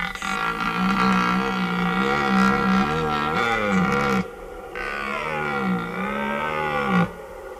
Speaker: tai taurieji elniai, tai jie taip skamba.